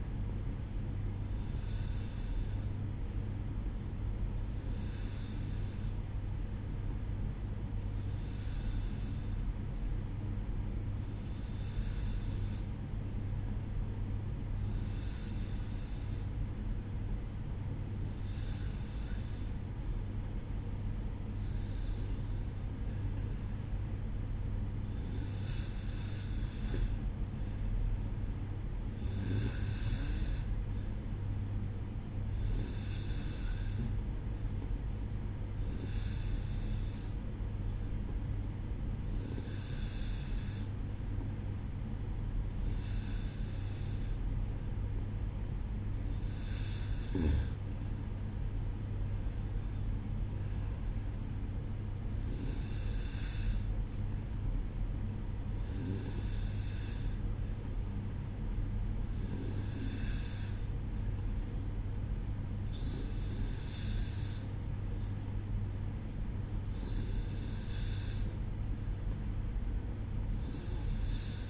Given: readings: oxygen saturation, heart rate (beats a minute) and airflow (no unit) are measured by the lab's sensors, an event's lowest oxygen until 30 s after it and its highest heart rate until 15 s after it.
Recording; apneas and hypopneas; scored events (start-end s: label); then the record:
breathing in sleep by a smartphone at the bedside; 1
31.00-47.50 s: hypopnea (N2, oxygen 93% highest, then 93% lowest, heart rate 64 at the start, 68 highest)
44.00-71.50 s: new sleep stage, N1 (lightest sleep)
From the record:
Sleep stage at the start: N2 (light sleep); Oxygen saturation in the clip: 92 to 94%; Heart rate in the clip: 61 to 68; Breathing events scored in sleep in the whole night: 305 in 9.6 hours asleep